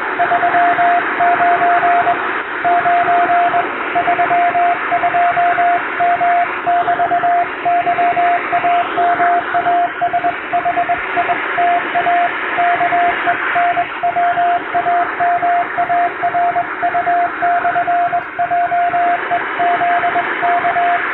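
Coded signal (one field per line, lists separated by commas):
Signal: Morse code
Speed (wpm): 21 wpm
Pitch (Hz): 700 Hz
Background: radio noise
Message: 39 9 32M<BT>YAMASHITA KENWAMARU/JEZK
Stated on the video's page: Morse practice in English-language CW sent by hand on a vertical straight key, from a telegram practice book.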